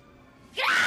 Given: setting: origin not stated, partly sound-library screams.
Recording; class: one-second piece from a danger detection set; woman in danger